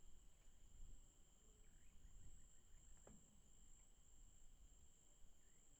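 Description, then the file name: Cicadas droning steadily in two continuous high tones that hold unbroken throughout, with faint low rumble and a few soft chirps in the background. Recorded at night in a forest. "Ambiente noite com cigarras na mata"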